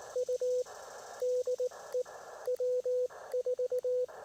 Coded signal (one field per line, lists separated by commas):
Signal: Morse code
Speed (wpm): 17 wpm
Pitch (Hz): 480 Hz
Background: radio noise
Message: U DE W4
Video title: POTA in CW. (before the shut down)